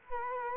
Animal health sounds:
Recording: mosquito wingbeat signal from an infrared sensor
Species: Culex quinquefasciatus

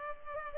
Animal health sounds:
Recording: mosquito wingbeat signal from an infrared sensor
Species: Culex pipiens

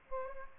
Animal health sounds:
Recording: mosquito wingbeat signal from an infrared sensor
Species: Aedes aegypti

